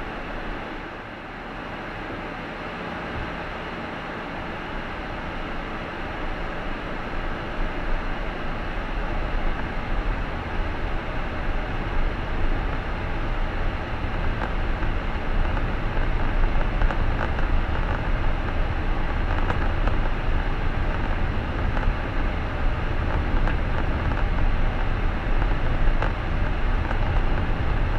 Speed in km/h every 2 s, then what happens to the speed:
0, 4, 6, 11, 16, 22, 27, 29, 32, 34, 34, 35, 36, 38.
0-2 standing. 2-28 speeds up to 38.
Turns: none.